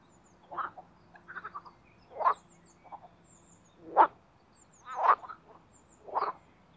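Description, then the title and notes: Marsh frogs giving scattered single croaks and short trills, well spaced about once a second, over a faint low hum. Spring mating chorus in an artificial pond made for water activities at Parc Chédeville, Oise; cold previous night. "au Parc Chédeville dans l'Oise. des grenouilles rieuses"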